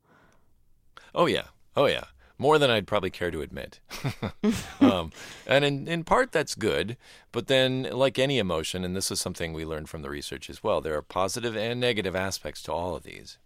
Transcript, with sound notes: Oh, yeah. Oh, yeah. More that I'd probably care to admit (laughter). And in part that's good but then, like any emotion, and this is something we learned from the research as well, there are positive and negative aspects to all of these.